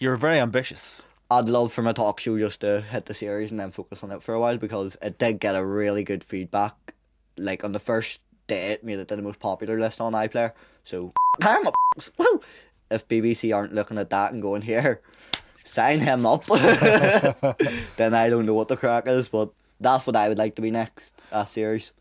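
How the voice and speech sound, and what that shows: A 19-year-old man with verbal and physical Tourette syndrome, diagnosed at 16, speaks fluently at a conversational pace, then mid-sentence blurts an abrupt, out-of-context word and a loud "woo!" before carrying on. These are vocal tics, which are reactive to the situation he is in. A brief beep tone is heard just before the outburst.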